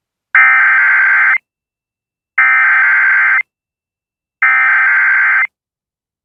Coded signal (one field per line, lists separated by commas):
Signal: Emergency Alert System (SAME) tones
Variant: header bursts